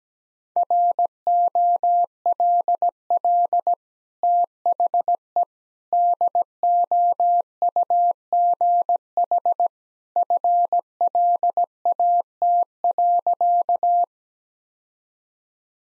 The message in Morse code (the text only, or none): ROLL THE DOUGH FLAT.